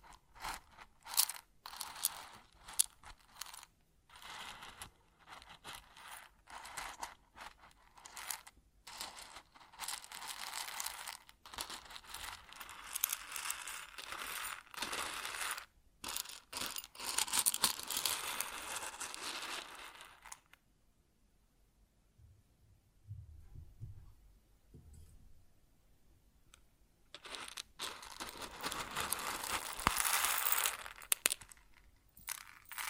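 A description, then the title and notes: Grain pours and rustles in a dense, bright hiss full of tiny clicks, stopping and starting in quick bursts through the first twenty seconds. A quiet pause follows with a few soft low thumps, then a last steady rush of grain returns near the end. ASMR Grain Sounds (No Talking).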